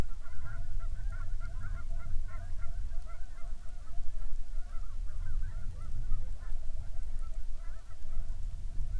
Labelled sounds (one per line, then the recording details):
waterfowl
grouse or ptarmigan
rain
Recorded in the Prudhoe Bay oil fields, Alaska, on 13 May 2019 at 07:11
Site 21